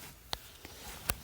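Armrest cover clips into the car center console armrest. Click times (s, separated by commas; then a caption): 0.3 s, 1.1 s. A new armrest cover for a 2006 Mazda 3 is pushed up against its slots in the center console armrest until its plastic clips snap in. Two sharp clicks are heard at 0.3 s and 1.1 s against a quiet background. The cover is seated, snapped into place.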